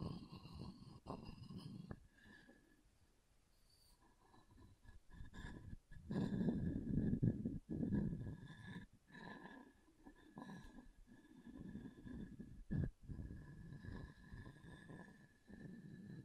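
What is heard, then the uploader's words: Wood triggers: soft low rubbing and scratching sounds that rise and fall, growing loudest around six to eight seconds. Sharp taps break in near 2, 6 and 13 seconds, while a faint steady whine hums underneath throughout. ASMR Calming Wood Triggers for Sleep (No Talking).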